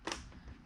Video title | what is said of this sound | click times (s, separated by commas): Does this CHEAP Helmet Make the GRADE? Gmax GM-69 MOTO Helmet Unboxing and Review | 2 positions on top until you hear it click, | 0.1 s